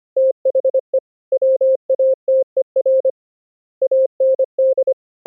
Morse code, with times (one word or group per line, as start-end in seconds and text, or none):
0.2-1.0 THE
1.3-3.1 WATER
3.8-4.9 AND